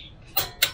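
A FLYMAN 5-in-1 click-type torque wrench tightens another lug nut on a wheel at 120 Nm. Two sharp broadband clicks sound at 0.4 s and 0.6 s, the second shorter and louder. The wrench has clicked, confirming the set torque is reached.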